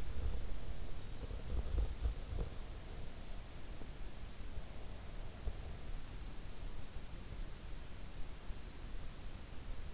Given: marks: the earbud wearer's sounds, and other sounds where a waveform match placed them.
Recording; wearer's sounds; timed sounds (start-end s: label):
sounds in sleep by an in-ear microphone; teeth grinding
0.00-2.83 s: teeth grinding